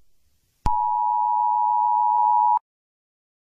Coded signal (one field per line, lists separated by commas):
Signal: Emergency Alert System (SAME) tones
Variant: 853 and 960 Hz attention tone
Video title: rating some old eas alarms